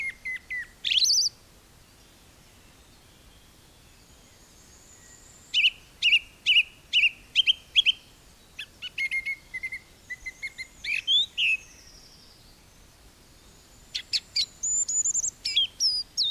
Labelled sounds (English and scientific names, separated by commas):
Song Thrush (Turdus philomelos) song